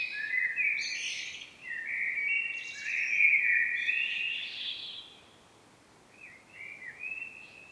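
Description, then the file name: Common blackbird song, a long warbling phrase with high twittery notes, followed by a quieter, softer phrase after a short pause. "Turdus merula"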